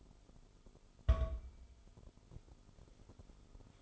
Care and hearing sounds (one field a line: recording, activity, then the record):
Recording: daily activity, microphone in the room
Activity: place on stove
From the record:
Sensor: 5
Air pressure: 988.4 hPa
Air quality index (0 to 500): 204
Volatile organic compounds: 83 ppm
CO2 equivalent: 3634 ppm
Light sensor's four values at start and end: 47/138/54/59 and 47/139/55/59